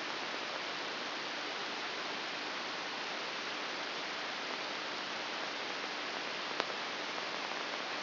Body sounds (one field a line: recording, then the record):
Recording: brain microelectrode recording played as sound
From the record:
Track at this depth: inside the subthalamic nucleus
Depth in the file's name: 5.401 mm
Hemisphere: right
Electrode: 3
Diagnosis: Parkinson's disease